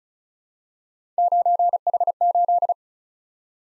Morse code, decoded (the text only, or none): 9H8